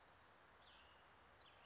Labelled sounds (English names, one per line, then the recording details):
Cassin's Vireo
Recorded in Sonoma County, California